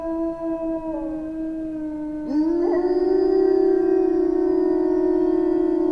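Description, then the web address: Gray wolf holds a steady howl, then after about two seconds sweeps sharply upward, and the howling grows louder and continues evenly. Wolves in winter. "Yle Luontovuosi talvi sudet"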